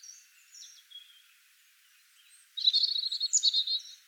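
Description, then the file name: European robin song, faint high notes at first, then a louder rapid twittering trill with piercing squeaks over the last second and a half. "Erithacus rubecula"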